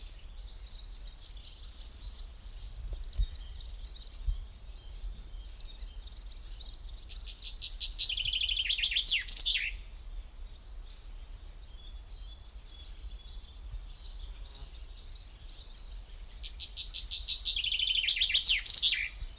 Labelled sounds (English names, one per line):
Common Chaffinch